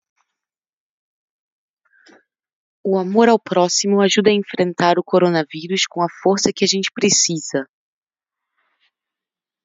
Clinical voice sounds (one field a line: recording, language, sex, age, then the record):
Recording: spoken sentence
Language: Brazilian Portuguese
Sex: female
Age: 30 to 39 years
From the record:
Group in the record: control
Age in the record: 30 years